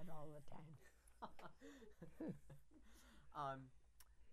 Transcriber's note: they all laugh